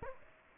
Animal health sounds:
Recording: mosquito wingbeat signal from an infrared sensor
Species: Aedes aegypti

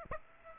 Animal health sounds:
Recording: mosquito wingbeat signal from an infrared sensor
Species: Aedes aegypti

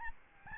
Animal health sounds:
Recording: mosquito wingbeat signal from an infrared sensor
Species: Aedes albopictus

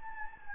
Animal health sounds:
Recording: mosquito wingbeat signal from an infrared sensor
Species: Anopheles gambiae

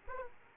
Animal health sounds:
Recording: mosquito wingbeat signal from an infrared sensor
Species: Aedes aegypti

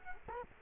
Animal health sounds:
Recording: mosquito wingbeat signal from an infrared sensor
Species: Culex quinquefasciatus

